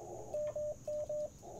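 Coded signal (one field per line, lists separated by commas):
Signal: none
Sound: antenna tuner beeps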